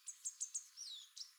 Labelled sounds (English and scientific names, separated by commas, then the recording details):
Chestnut-capped Warbler (Basileuterus delattrii) song
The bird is a female
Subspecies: delattrii
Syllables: 6
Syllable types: 3
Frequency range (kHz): 3.4-10.0 kHz
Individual CR-D51-F